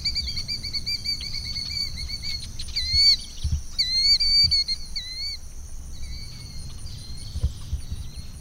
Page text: Mike Nelson - Крикливый зуек (Charadrius vociferus)